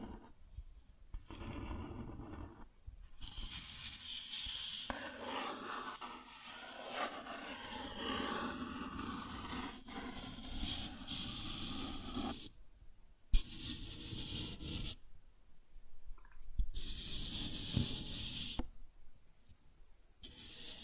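Cardboard is scratched and dragged in long rough strokes, a gritty rasping that fills most of the clip with short pauses near 2, 4, 13, 15 and 19 seconds. The strokes vary in pressure, some hissing brighter, others duller, with an occasional sharp tick.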